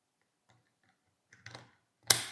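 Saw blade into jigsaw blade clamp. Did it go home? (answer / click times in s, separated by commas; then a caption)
yes / 2.1 s. A metal jigsaw blade is pushed into the tool-free blade clamp of a Parkside PSTDA 20 Li C3 cordless jigsaw. A few faint metallic ticks and scrapes come around 1.3–1.6 s, then a sharp, loud click at 2.1 s as the blade locks into the clamp.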